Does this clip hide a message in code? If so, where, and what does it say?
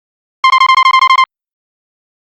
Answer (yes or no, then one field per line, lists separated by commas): no